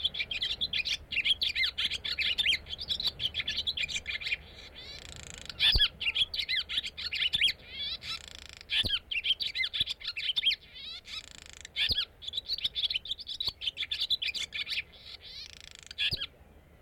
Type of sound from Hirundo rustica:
song